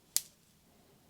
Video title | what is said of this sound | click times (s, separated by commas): Fitbit Inspire 2 Unboxing (Lunar White) | shove it on until you hear that snap and then it's not magnetic | 0.2 s